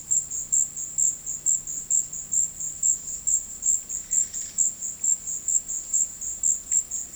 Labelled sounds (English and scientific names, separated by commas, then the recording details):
none
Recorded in dense forest near Puerto Asís, Putumayo, Colombia, on 21 February 2024 at 16:00
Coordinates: 0.481, -76.318
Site G6421